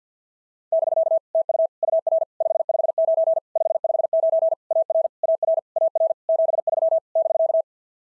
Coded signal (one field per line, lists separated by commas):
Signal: Morse code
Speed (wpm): 50 wpm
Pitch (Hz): 650 Hz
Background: none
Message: <BK> TU UR 559 559 AR AR AR 73 <BK>